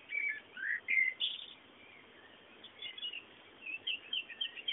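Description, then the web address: Bird chirps, quick whistled notes, louder early on, then softer scattered twitters that grow quicker toward the end. Background bird sounds. "bullas Bullasdata sounds fondo pajaros"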